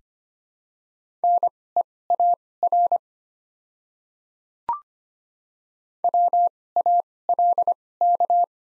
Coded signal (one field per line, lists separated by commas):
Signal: Morse code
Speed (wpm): 25 wpm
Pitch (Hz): 700 Hz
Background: none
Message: NEAR WALK